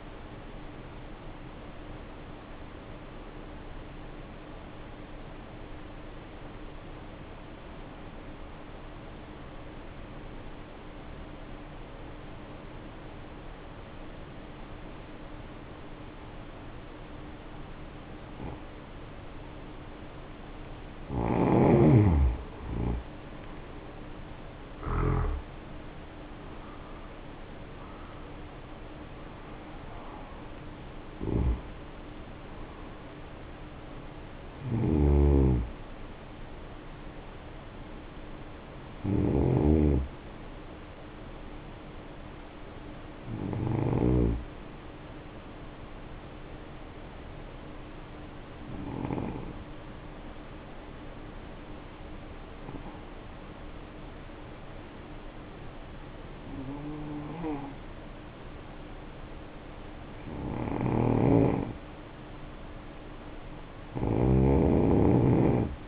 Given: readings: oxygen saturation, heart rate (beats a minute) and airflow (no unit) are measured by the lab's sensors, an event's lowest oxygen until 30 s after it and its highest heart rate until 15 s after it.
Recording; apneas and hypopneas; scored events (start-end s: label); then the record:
breathing in sleep by a voice recorder at the bedside; 2
5.00-18.40 s: obstructive apnea (N2, oxygen 94% highest, then 75% lowest, heart rate 57 at the start, 75 highest)
26.00-56.00 s: new sleep stage, N1 (lightest sleep)
49.00-60.40 s: hypopnea (N1, oxygen 95% highest, then 85% lowest, heart rate 57 at the start, 67 highest)
56.00-65.88 s: new sleep stage, N2 (light sleep)
From the record:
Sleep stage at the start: N2 (light sleep); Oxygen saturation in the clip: 75 to 95%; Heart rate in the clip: 53 to 75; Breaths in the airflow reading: 12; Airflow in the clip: -8.4 to 8.6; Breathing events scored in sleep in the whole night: 520 in 7.2 hours asleep